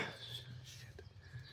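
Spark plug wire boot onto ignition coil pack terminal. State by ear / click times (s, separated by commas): not seated / none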